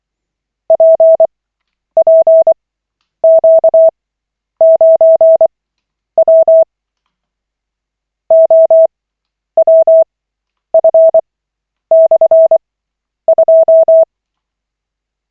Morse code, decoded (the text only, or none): PPQ9W OWF/2